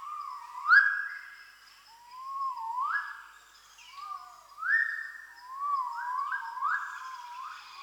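Magnificent riflebird calling with loud whistled notes that slur upward, phrases repeated every second or two.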